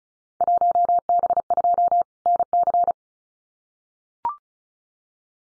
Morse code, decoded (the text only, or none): 1B2 NC